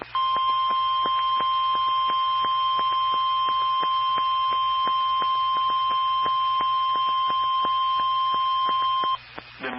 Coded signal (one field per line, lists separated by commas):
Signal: Emergency Alert System (SAME) tones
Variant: 1050 Hz attention tone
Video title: EAS #781-810 (6/18 & 6/19/21)